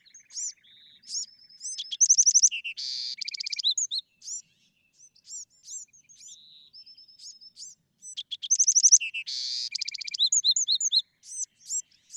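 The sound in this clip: Bewick's wren song, varied: strings of high chips and slurred notes build into loud, dense rattling trills, repeated twice over about twelve seconds.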